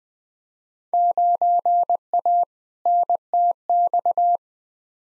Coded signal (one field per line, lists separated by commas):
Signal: Morse code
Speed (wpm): 20 wpm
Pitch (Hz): 700 Hz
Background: none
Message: 9A NTX